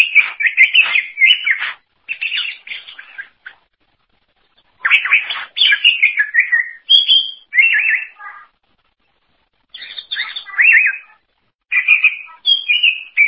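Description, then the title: Greater green leafbird pouring out chattering, whistled phrases in several bursts, each a quick tangle of slurred notes, with short silent breaks between. "Cucak ijo"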